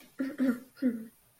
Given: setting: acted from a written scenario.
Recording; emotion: vocal sound without words; embarrassment